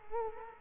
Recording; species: mosquito wingbeat signal from an infrared sensor; Culex quinquefasciatus